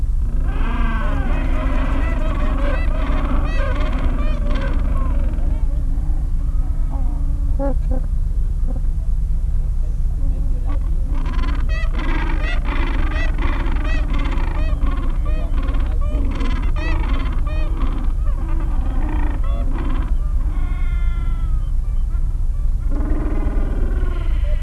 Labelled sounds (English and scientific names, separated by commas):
Gentoo Penguin (Pygoscelis papua)